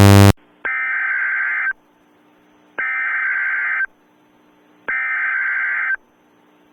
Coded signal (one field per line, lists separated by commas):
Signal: Emergency Alert System (SAME) tones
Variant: header bursts